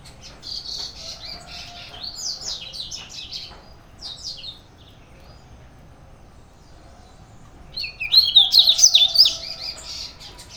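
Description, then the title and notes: Birds chirping and twittering in rapid high phrases, a quiet gap midway, then a louder burst of song near the end. Birds singing at a neighbour's house, Brazil, 9 June 2017, 06:00; recorded on a Sony PCM-D50 handheld recorder, stereo. "Pássaros cantando na casa do vizinho, carro passando. Data: 09/06/2017 Horário: 06:00 Som captado por: Hanna Vasconcelos"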